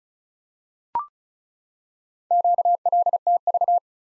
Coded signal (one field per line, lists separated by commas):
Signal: Morse code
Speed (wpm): 36 wpm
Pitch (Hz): 700 Hz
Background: none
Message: QLTV